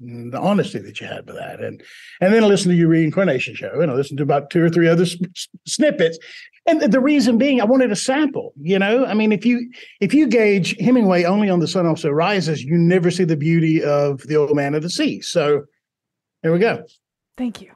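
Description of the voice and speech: An adult man speaks fluently in clear, well-voiced sentences at a moderate pace with brief pauses. His native deep Southern US accent has been replaced by one that sounds British, consistent with foreign accent syndrome, an acquired change in speech sounds and rhythm, present for 13 years since a fall with head injury and a mini stroke in 2010.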